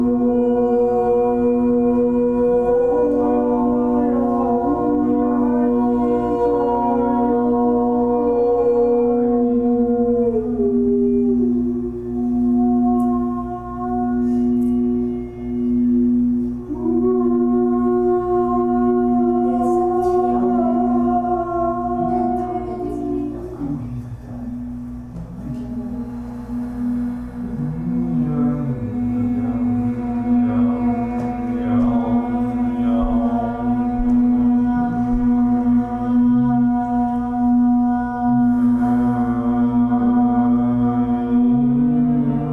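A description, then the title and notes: Voices sing long, held notes over a crystal singing bowl, whose steady low-middle tone hums unbroken for the whole clip. The voices glide slowly between pitches, swelling and softening together, and grow more wavering and unsettled around the middle before settling into sustained tones again. Our voices are accompanied by a crystal singing bowl.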